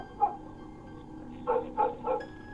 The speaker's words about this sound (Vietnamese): Ở trên con đường làng có tiếng chó cắn ma vang lên nhông nhổng nhông nhổng.